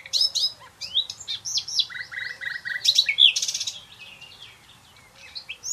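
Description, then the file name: Common nightingale song: a continuous stream of swooping whistles, buzzy notes and a short run of low repeated notes, fading toward the end. "Luscinia megarhynchos"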